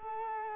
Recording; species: mosquito wingbeat signal from an infrared sensor; Culex quinquefasciatus